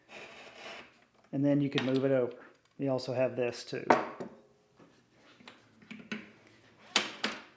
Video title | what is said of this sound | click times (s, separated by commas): Unboxing the Makita 10in miter saw | And it will snap into place. | 7.0 s